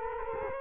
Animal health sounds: mosquito wingbeat signal from an infrared sensor; Culex quinquefasciatus

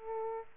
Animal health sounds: mosquito wingbeat signal from an infrared sensor; Aedes aegypti

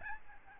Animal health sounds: mosquito wingbeat signal from an infrared sensor; Aedes albopictus

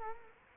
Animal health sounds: mosquito wingbeat signal from an infrared sensor; Culex quinquefasciatus

